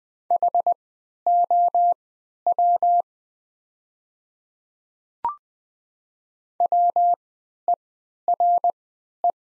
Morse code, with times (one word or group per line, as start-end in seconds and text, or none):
0.3-3.0 HOW
6.6-9.3 WERE